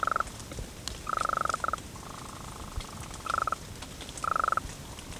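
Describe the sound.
Golden toad trills: several short, rapid pulsed bursts at a steady mid pitch, repeated at irregular intervals of one to two seconds, with a fainter drawn-out trill between them.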